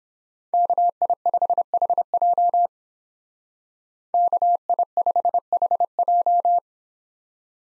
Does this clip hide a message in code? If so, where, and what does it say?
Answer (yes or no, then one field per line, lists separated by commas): yes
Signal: Morse code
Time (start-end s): 0.5-6.6 s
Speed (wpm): 28 wpm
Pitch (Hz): 700 Hz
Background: none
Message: KI5HJ KI5HJ